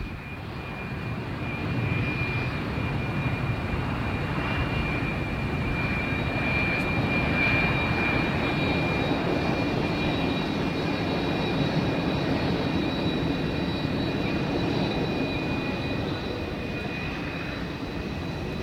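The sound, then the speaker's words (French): An airplane engine at a small airport drones steadily for the whole stretch, a broad rumbling roar topped by thin, high whining tones, holding an even, fairly loud level with no voices. “C'est un tout petit aéroport, il n'y a pas beaucoup d'avions, surtout des voitures.”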